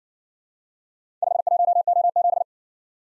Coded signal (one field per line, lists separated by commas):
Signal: Morse code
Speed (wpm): 54 wpm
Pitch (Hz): 700 Hz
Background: none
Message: 51O7